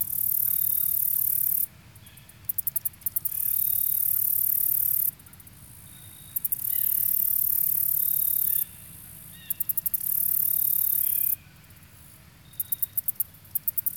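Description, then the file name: Insect call, sustained high-pitched buzzing broken by short pauses with clusters of sharp clicks, in a repeated on-off pattern. Marsh near the shore of a small lake. "kevin boucher nature insects marsh near shore small lake"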